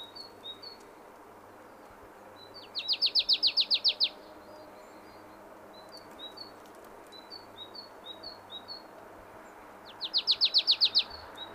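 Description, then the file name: Marsh tit singing a fast, dry rattle of repeated notes lasting about a second, given twice, with soft high chips between. "Poecile palustris"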